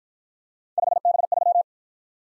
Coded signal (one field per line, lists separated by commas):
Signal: Morse code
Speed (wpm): 47 wpm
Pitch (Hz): 700 Hz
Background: none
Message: 5B3